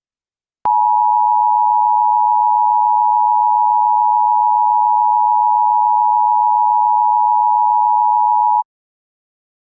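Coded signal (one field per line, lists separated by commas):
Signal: Emergency Alert System (SAME) tones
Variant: 853 and 960 Hz attention tone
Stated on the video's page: Fictional EAS scenario, a simulated alert rather than a real broadcast.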